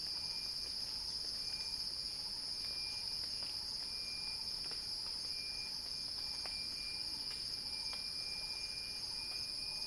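Cicada drone, steady and piercing, with a thin whistled tone coming and going and occasional sharp clicks.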